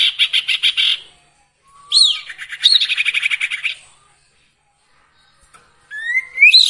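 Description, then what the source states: Sirtu song: a fast pulsed trill of high notes, then a whistle leading into rattling notes, a pause, and upslurred whistles. Training recording for songbirds with the full variation of sirtu phrases.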